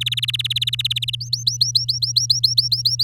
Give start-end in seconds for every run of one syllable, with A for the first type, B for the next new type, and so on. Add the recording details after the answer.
0.01-1.15 A, 1.20-3.04 B. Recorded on 7 May 2018 at 17:15. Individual llb16